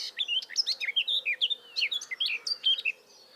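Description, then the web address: Eurasian blackcap singing a brisk warble of clear whistled and twittering notes that rise and fall rapidly, about three seconds long, with a soft steady hum behind. "SETE data Sylvia atricapilla"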